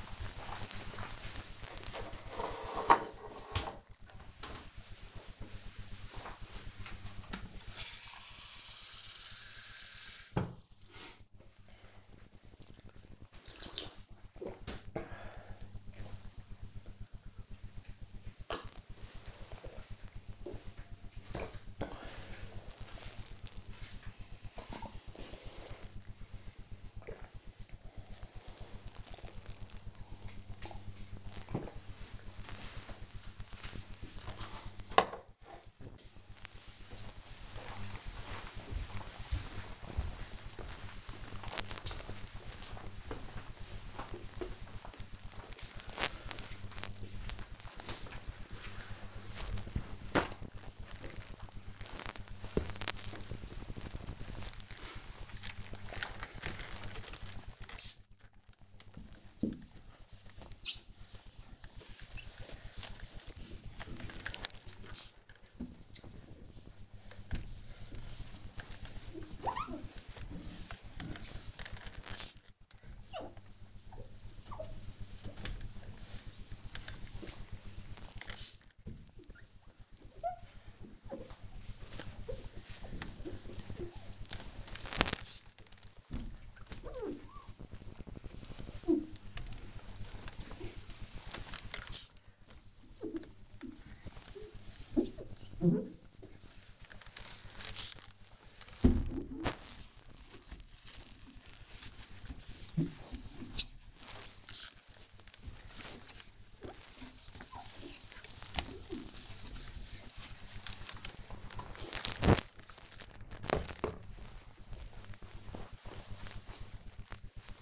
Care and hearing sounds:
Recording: household activities, microphone on the right wrist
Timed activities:
1.79-32.04 s: drinking
45.15-112.64 s: window cleaning

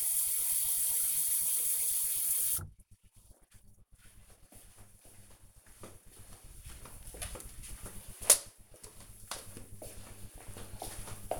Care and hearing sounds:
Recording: household activities, microphone on the right wrist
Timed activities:
0.00-11.39 s: watering plant

